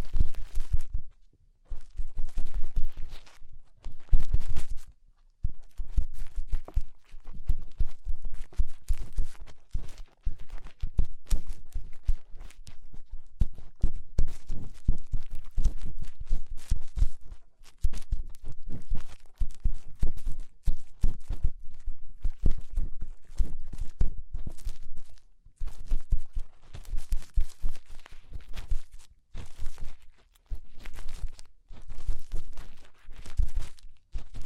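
A finger rubs and scrapes inside an ear, making dense, rapid crackling and scratching strokes with a heavy low thump under each. The rubbing comes in busy bursts separated by brief silences, near 5, 17, 25 and 29 seconds.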